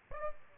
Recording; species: mosquito wingbeat signal from an infrared sensor; Aedes albopictus